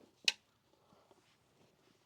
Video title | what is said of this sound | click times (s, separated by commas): What Is IGT? | and there's these cross brackets and they snap right onto a little button that's right there | 0.3 s